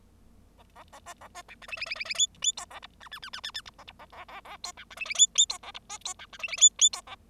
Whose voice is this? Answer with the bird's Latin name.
Lonchura striata domestica